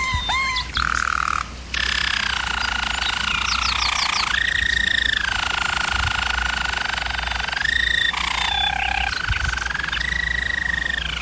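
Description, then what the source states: German Roller canary singing continuous rolled phrases, a short gap near the start, then sustained trills changing pitch every few seconds over a low hum. Singing used for canary training.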